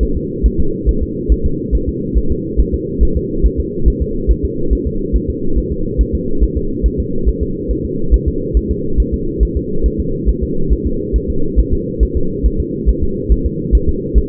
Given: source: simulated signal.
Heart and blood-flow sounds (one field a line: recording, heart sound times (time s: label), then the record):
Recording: fetal heart sounds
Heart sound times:
0.03 s: S1
0.17 s: S2
0.46 s: S1
0.60 s: S2
0.89 s: S1
1.03 s: S2
1.32 s: S1
1.46 s: S2
1.75 s: S1
1.89 s: S2
2.18 s: S1
2.31 s: S2
2.60 s: S1
2.74 s: S2
3.03 s: S1
3.17 s: S2
3.46 s: S1
3.60 s: S2
3.88 s: S1
4.02 s: S2
4.31 s: S1
4.45 s: S2
4.73 s: S1
4.87 s: S2
5.16 s: S1
5.30 s: S2
5.58 s: S1
5.72 s: S2
6.01 s: S1
6.15 s: S2
6.43 s: S1
6.57 s: S2
6.86 s: S1
7.00 s: S2
7.29 s: S1
7.43 s: S2
7.71 s: S1
7.85 s: S2
8.14 s: S1
8.28 s: S2
8.57 s: S1
8.71 s: S2
9.00 s: S1
9.14 s: S2
9.43 s: S1
9.57 s: S2
9.86 s: S1
10.00 s: S2
10.29 s: S1
10.43 s: S2
10.73 s: S1
10.87 s: S2
11.16 s: S1
11.30 s: S2
11.59 s: S1
11.73 s: S2
12.03 s: S1
12.17 s: S2
12.46 s: S1
12.60 s: S2
12.89 s: S1
13.03 s: S2
13.32 s: S1
13.46 s: S2
13.75 s: S1
13.89 s: S2
14.18 s: S1
From the record:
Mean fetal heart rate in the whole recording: 140 bpm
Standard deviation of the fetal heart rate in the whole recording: 2 bpm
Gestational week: 34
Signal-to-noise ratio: -8.1 dB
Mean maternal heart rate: 72 bpm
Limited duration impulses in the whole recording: present